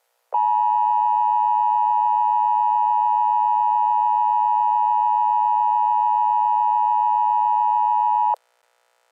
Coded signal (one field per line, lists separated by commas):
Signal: Emergency Alert System (SAME) tones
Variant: 853 and 960 Hz attention tone